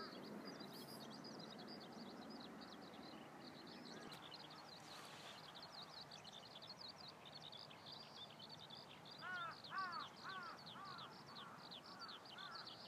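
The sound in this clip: Eurasian skylark singing a faint, unbroken high warble of rapid chirps and trills, with a lower-pitched bird calling in short repeated notes partway through, over steady background noise.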